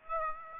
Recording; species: mosquito wingbeat signal from an infrared sensor; Aedes aegypti